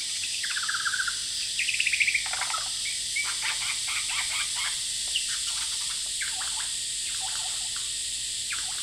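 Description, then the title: Superb lyrebird song, a trilled whistle and rapid chattering notes, partly buried beneath a loud droning cicada chorus. Male, Horsfield Bay, New South Wales, Australia, 23 January 2017, singing vigorously outside a window, with loud cicadas calling; noise reduction applied. "Lyrebird - Horsfield Bay NSW, Jan 23 2017"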